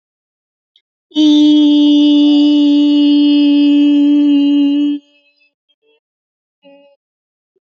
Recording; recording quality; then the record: sustained vowel as in beet; excellent, no background noise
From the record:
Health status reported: healthy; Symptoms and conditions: cough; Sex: female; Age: 30 years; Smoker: not ticked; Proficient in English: yes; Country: India